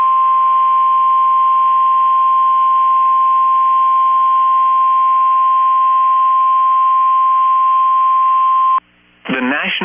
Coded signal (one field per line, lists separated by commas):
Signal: Emergency Alert System (SAME) tones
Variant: 1050 Hz attention tone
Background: speech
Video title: EAS: After Several Decades NWS Chanhassen/Twin Cities Ends Live Voice NOAA Weather Radio Testing